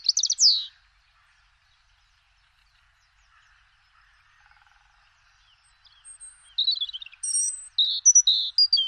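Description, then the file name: European robin song: a short high twittering phrase, then several seconds of near silence, followed by a string of varied high, thin whistles and trills. "Rougegorge familier"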